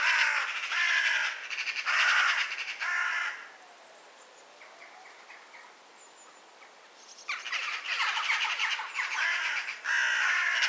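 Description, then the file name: Eurasian magpie giving harsh, rasping chatter for about three seconds, a pause, then more scratchy chattering to the end. "Pica pica"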